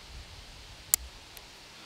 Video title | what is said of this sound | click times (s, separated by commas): Snaps and Rivets | now when you push these caps on you can hear you'll hear them snap into place | 0.9 s